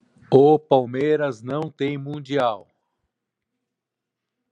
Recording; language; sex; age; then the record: short text; Brazilian Portuguese; male; 50 to 59 years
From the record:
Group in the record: control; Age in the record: 54 years